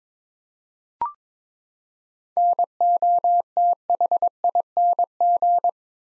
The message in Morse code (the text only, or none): NOTHING